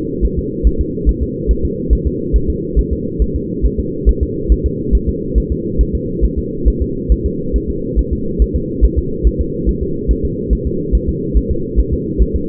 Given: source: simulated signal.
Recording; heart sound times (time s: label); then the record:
fetal heart sounds
0.25 s: S1
0.39 s: S2
0.67 s: S1
0.81 s: S2
1.09 s: S1
1.23 s: S2
1.51 s: S1
1.65 s: S2
1.93 s: S1
2.07 s: S2
2.36 s: S1
2.50 s: S2
2.79 s: S1
2.93 s: S2
3.22 s: S1
3.36 s: S2
3.66 s: S1
3.80 s: S2
4.09 s: S1
4.23 s: S2
4.52 s: S1
4.66 s: S2
4.95 s: S1
5.09 s: S2
5.38 s: S1
5.52 s: S2
5.81 s: S1
5.95 s: S2
6.24 s: S1
6.38 s: S2
6.68 s: S1
6.82 s: S2
7.12 s: S1
7.26 s: S2
7.56 s: S1
7.70 s: S2
7.99 s: S1
8.13 s: S2
8.42 s: S1
8.56 s: S2
8.85 s: S1
8.99 s: S2
9.27 s: S1
9.41 s: S2
9.69 s: S1
9.83 s: S2
10.11 s: S1
10.25 s: S2
10.53 s: S1
10.67 s: S2
10.95 s: S1
11.09 s: S2
11.37 s: S1
11.51 s: S2
11.79 s: S1
11.94 s: S2
12.22 s: S1
12.36 s: S2
From the record:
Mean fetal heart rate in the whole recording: 140 bpm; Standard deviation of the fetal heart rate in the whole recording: 2 bpm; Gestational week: 34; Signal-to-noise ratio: -6.6 dB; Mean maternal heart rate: 72 bpm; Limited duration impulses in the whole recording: present